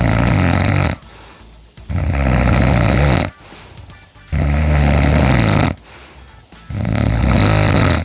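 A hearty, low-pitched snore from a sleeping adult man, his father, captured with a microphone held under his chin. Loud snoring bursts recur roughly every two to three seconds, separated by quiet pauses, and the snore's ending is especially striking.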